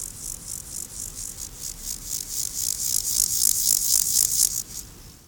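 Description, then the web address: Water-meadow grasshopper song: a steady series of short, high, buzzy scraping syllables, about four per second, growing louder before stopping abruptly. "heuschrecken chorthippus montanus"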